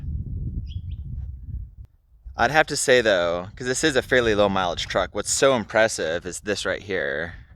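The steel cab door of a fairly low-mileage 1984 Chevy C10 pickup truck is being handled toward its striker, with the door latch about to click shut and no hinge droop. Low rumbling noise and a few faint ticks fill the first two seconds, then someone talks. Nothing has seated or clicked yet.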